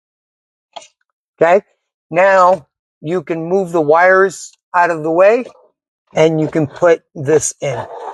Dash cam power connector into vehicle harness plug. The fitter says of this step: you push in until it clicks.